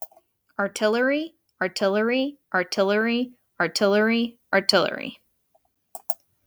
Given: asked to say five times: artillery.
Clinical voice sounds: repeated word; female; 30 to 39 years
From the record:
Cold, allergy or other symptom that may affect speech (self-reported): no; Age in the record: 30 years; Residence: Virginia, United States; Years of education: 17

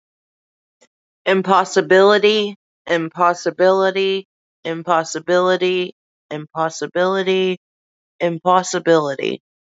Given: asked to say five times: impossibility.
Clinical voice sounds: repeated word; female; 20 to 29 years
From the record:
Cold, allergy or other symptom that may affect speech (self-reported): no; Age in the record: 29 years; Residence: Oklahoma, United States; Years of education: 16

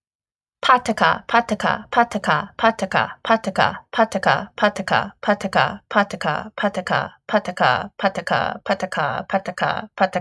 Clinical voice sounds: repeated syllables /pa ta ka/; female; 20 to 29 years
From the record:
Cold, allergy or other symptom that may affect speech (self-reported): no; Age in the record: 24 years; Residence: Connecticut, United States

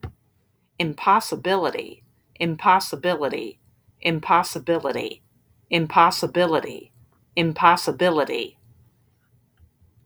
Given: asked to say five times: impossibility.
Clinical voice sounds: repeated word; female; 40 to 49 years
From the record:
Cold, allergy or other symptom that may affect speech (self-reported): no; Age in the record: 49 years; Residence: Indiana, United States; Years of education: 16

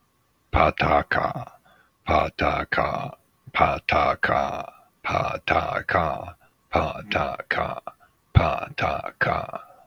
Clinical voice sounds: repeated syllables /pa ta ka/; male; 50 to 59 years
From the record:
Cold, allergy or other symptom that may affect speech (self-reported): no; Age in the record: 50 years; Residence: Georgia, United States

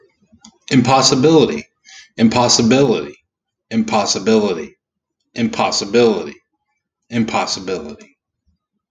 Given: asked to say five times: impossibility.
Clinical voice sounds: repeated word; male; 40 to 49 years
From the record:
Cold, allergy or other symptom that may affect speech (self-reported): no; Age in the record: 40 years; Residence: Nebraska, United States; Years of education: 18

